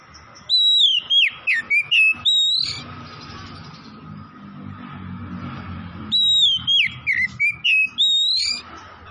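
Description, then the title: Oriental magpie-robin song: two energetic runs of varied, rising and falling whistles separated by a few seconds of soft background hum. Tretes type, singing vigorously (gacor). "Kacer Tretes"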